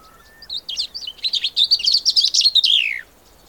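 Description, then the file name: Cape grassbird song: a brief low whistle, then a rapid, energetic series of scratchy high notes that ends in a downward slide after about two and a half seconds. "Cape Grassbird (Sphenoeacus afer)"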